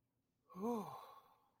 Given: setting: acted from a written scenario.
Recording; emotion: vocal sound without words; relief